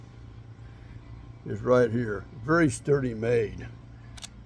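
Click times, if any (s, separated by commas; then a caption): 4.2 s. Someone talks while pulling back the cocking lever of a Barra Model 1100Z .22 caliber pellet air rifle. Two short, sharp clicks follow at 4.2 s and 4.3 s as the lever latches into the cocked position.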